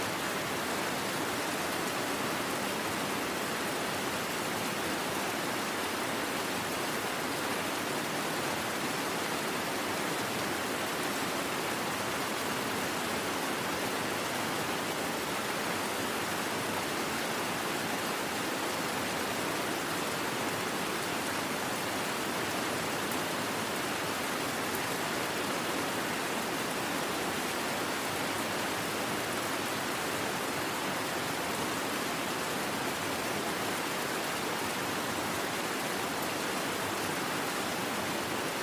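A river rushes in a steady, dense hiss that stays even throughout, bright and full with little low rumble and no distinct events.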